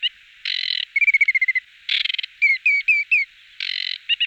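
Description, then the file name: Aquatic warbler song: dry, buzzy rattles alternating with series of clear, downslurred whistled notes, delivered in short bursts with brief pauses. "Rakosnik ostricovy Acrocephalus paludicola"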